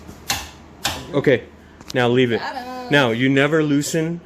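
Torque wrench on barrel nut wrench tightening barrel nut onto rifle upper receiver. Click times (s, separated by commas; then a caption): 0.3 s, 0.9 s. A torque wrench on a barrel nut wrench tightens the steel AR-15 barrel nut onto the rifle upper receiver, and the wrench clicks sharply at its set torque at 0.3 s and again at 0.9 s. Someone talks afterward. The barrel nut is confirmed torqued to the setting.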